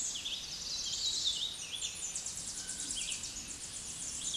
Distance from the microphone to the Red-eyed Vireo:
about 30 m